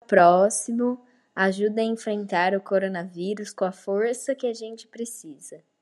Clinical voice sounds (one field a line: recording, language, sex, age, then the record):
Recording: spoken sentence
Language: Brazilian Portuguese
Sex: female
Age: 18 to 19 years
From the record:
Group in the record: control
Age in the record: 19 years